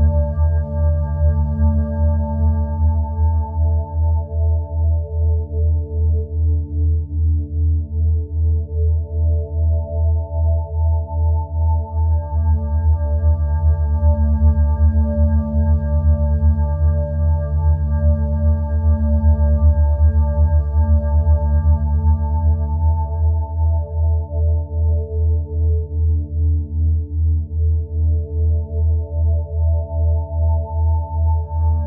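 Binaural sounds: a steady, unbroken drone of stacked low tones with a rapid, even pulsing throbbing through the deepest layer. Faint higher ringing tones fade out around the middle and return later, while the overall hum stays constant, like a sustained singing bowl.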